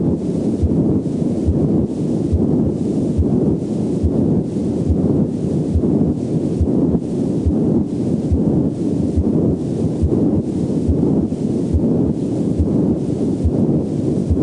Patent ductus arteriosus murmur. The patent ductus arteriosus murmur is the prototype of continuous murmurs. It is caused by abnormal blood flow that occurs from the high-pressure aorta to the low-pressure pulmonary artery when the ductus remains open. Patent ductus arteriosus murmur is heard best over the entire left, first, and second intercostal spaces. The murmur reaches maximum intensity late in systole and fades during diastole. It has a rough, machinery-like, high-pitched sound that can be heard equally well with the bell or diaphragm of the stethoscope.